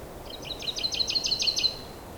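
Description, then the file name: Common chaffinch giving a short, even trill of several sharp high notes, steady in pitch, over a soft background hiss. "Fringilla coelebs"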